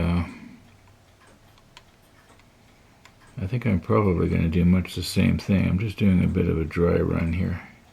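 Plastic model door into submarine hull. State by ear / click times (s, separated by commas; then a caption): not seated / none. A plastic model door is handled against a submarine hull during a dry-fit run, with a few faint ticks around 1.6, 1.8, 2.4 and 3.1 seconds before someone talks for the rest of the clip. Nothing has seated or clicked into place yet.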